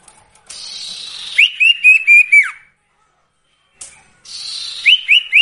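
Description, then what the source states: Sirtu song: a buzzy hiss leading into a quick series of clear whistled notes, the last dropping away, then the same phrase begins again. Masteran (training) recording with the full range of song variations, used for training songbirds.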